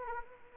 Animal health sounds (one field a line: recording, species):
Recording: mosquito wingbeat signal from an infrared sensor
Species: Anopheles arabiensis